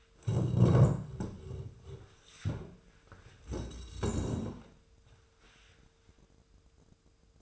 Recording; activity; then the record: daily activity, microphone in the room; stand up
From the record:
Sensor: 2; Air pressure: 1005.2 hPa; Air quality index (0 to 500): 100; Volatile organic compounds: 2 ppm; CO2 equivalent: 1209 ppm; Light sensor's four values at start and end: 8/19/8/8 and 6/14/6/6